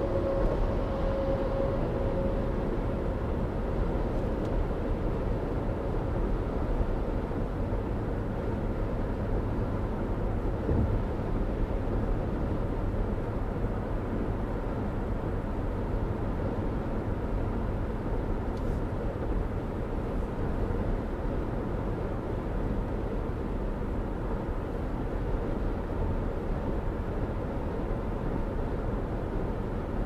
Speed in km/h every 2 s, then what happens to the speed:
114, 114, 114, 114, 114, 114, 116, 116, 116, 116, 116, 116, 116, 116, 116.
0-30 steady at about 116.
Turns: none.